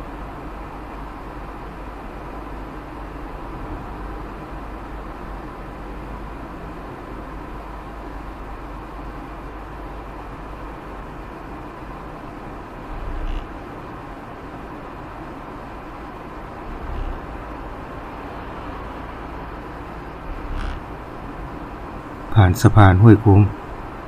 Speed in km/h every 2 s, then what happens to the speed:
55, 55, 54, 54, 54, 54, 56, 58, 59, 60, 60, 61.
0-24 steady at about 55.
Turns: none.